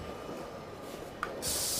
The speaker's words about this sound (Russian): Никита брызгает себе в лицо баллончиком с водой. До сих пор стоит неподвижно, направив спрей в лицо. Баллончик заканчивается.